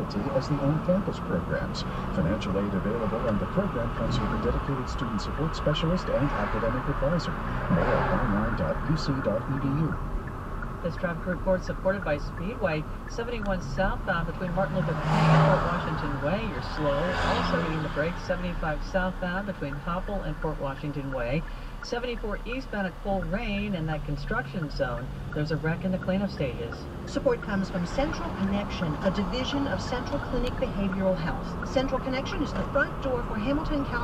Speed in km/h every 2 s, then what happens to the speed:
26, 32, 39, 40, 39, 34, 31, 26, 19, 13, 6, 0, 0, 11, 21, 29, 32.
0-4 speeds up to 39. 7-21 slows to 0. 21-24 standing. 24-34 pulls away to 32.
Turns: 27-34.